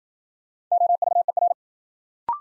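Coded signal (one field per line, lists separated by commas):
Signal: Morse code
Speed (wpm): 53 wpm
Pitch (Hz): 700 Hz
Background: none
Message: OVER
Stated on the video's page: Morse new-word head-copy drill at 55 wpm, built on sentences from the top 100 words; each word is sent, spoken, then sent again.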